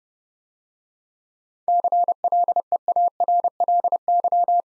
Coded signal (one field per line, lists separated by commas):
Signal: Morse code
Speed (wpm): 30 wpm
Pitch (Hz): 700 Hz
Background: none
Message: CLEARLY